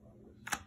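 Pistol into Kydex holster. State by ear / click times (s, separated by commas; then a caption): seated / 0.5 s. A pistol is pushed into a Kydex holster until the retention snaps, and it seats with a sharp click at 0.5 s. A fainter tick follows at 0.7 s over a low background hum.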